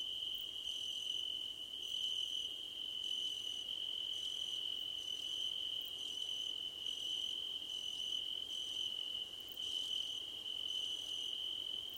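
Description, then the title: Crickets keep up a piercing steady trill with short, higher chirps about once a second. Crickets at night under a starlit sky. "Nighttime Ambience with Crickets"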